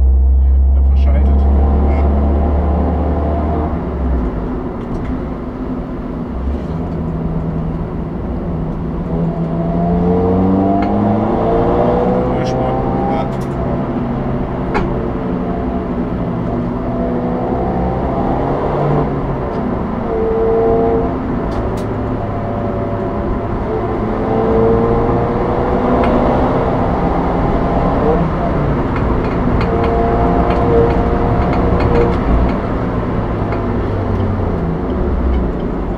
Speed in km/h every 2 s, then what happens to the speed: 69, 75, 61, 52, 32, 37, 71, 75, 78, 85, 91, 89, 96, 111, 117, 118, 105, 90.
0-2 speeds up to 75. 2-8 brakes to 32. 9-19 speeds up to 91. 23-29 speeds up to 118. 30-36 brakes to 90.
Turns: 6-10.